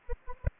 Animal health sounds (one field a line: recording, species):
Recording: mosquito wingbeat signal from an infrared sensor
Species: Anopheles arabiensis